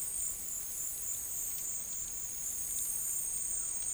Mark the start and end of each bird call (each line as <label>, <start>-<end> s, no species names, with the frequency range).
bird call (0.4-2.1 kHz), 3.45-3.92 s